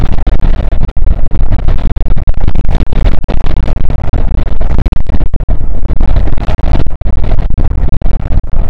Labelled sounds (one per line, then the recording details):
wind
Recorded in the Arctic National Wildlife Refuge, Alaska, on 5 June 2019 at 00:02
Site 48